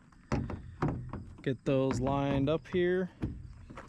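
A plastic tail light housing is being lined up on its mounting pins on the side of a 2023-up Ford Super Duty truck body while someone talks, with short knocks and handling sounds around 0.3, 0.8, 1.1 and 1.5 seconds. Nothing has snapped or seated into the mounting clips yet.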